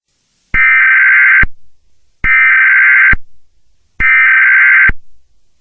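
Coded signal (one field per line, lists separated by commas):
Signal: Emergency Alert System (SAME) tones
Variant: header bursts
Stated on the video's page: Simulated, not real, EAS activation on an FM station, made for education.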